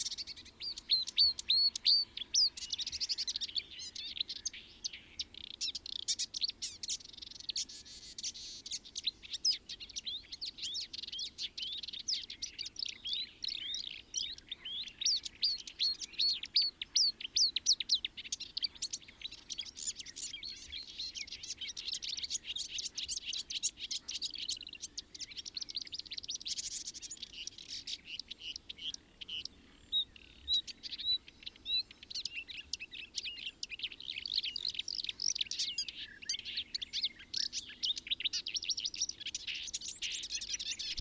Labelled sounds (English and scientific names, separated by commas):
Eurasian Skylark (Alauda arvensis) song